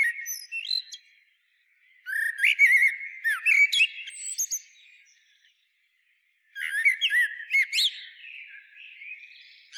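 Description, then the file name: Eurasian blackbird: the end of one verse, then two rich warbled verses of fluty notes mixed with thin high squeaks, separated by silent gaps. "Turdus merula"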